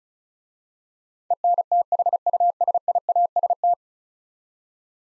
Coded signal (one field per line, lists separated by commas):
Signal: Morse code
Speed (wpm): 36 wpm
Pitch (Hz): 700 Hz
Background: none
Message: ENTHUSIAST